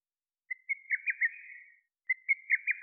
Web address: Lesser cuckoo